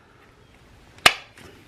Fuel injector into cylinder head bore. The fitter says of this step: can back that bolt off you want to hear that snap that tells you that they are seated in place